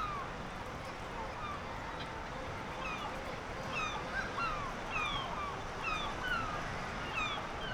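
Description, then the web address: Black-legged kittiwakes uttering scattered nasal, slurred calls, several birds overlapping against a continuous rushing background. "Black legged kittiwake. صدای-پرنده-کاکایی-پاسیاه"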